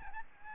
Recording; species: mosquito wingbeat signal from an infrared sensor; Aedes albopictus